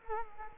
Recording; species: mosquito wingbeat signal from an infrared sensor; Culex quinquefasciatus